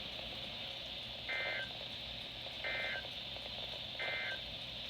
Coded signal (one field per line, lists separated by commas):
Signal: Emergency Alert System (SAME) tones